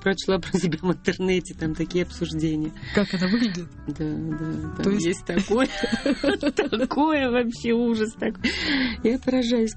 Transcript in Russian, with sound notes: Я вот прочла про себя в интернете, там такие обсуждения.
Как она выглядит?
Да, да. Там есть такое. (все смеются) Такое, вообще ужас. Я поражаюсь.